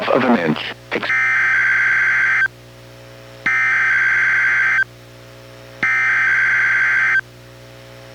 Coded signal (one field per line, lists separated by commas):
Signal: Emergency Alert System (SAME) tones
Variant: header bursts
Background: speech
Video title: EAS #1025: NWR Required Weekly Test- Nov. 20, 2024- 11:00AM PST